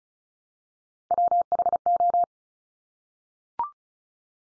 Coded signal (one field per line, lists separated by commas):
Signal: Morse code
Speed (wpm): 34 wpm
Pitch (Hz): 700 Hz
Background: none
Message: WHO